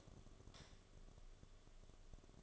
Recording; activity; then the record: daily activity, microphone in the room; light off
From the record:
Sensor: 4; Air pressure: 1011.1 hPa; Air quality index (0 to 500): 148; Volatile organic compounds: 3 ppm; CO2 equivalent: 1511 ppm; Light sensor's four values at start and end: 114/302/127/132 and 113/298/126/130